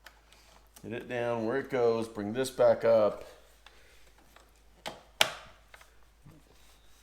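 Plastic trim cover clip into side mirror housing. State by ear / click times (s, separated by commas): seated / 5.2 s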